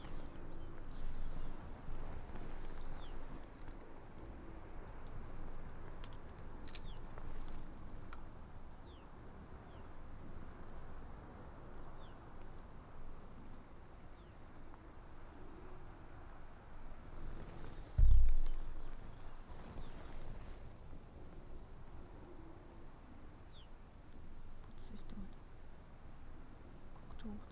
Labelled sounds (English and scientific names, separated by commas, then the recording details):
Arctic Fox (Vulpes lagopus)
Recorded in the wild
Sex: pair
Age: adult
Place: Insel Mednyi, Kommandeur-Inseln, RU
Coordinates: 54.5167, 168.083
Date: 1999-07-26 18:57
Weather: 12°C, heiter, mäßiger Südwestwind
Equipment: Sony WM-D6C, Sennheiser ME 80, K 30 AV, Windkorb, Kopie Tascam DA 30
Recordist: Jakupi, Antje
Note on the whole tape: Südosten der Insel, Haupttal, Zacke 2: Bellstrophen von Fähe weiss/weiss 31, die den "falschen Mt. Blanc" herunterkommt und sofortige Antwort von Rüden grün/grün 68 von der Quelle